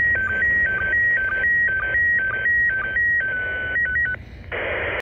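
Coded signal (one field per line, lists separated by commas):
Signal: SSTV (slow-scan television)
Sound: warbling tone jumping between two pitches with short low blips twice a second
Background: radio static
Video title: sstv from iss quick and dirty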